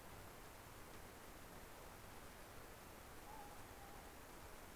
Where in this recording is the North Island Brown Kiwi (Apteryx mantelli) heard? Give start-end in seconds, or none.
none